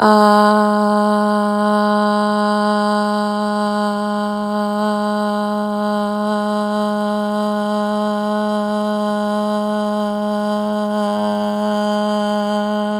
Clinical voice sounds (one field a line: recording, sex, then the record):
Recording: sustained vowel /a/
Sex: female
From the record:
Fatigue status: no fatigue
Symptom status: symptomatic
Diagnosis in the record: COVID-19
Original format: m4a